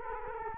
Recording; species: mosquito wingbeat signal from an infrared sensor; Culex quinquefasciatus